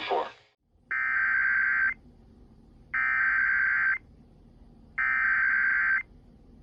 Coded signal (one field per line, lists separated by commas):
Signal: Emergency Alert System (SAME) tones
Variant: header bursts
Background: speech